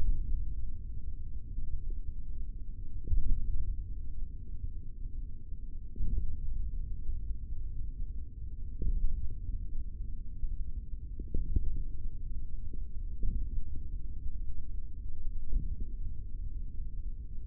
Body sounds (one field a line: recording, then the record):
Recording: forearm muscle sounds (acoustic myography)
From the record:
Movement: finger pinch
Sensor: system 3, bracelet of six PUI Audio POM-2738L microphones around the upper forearm, with dedicated amplification and filtering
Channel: 2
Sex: male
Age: 25 years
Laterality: right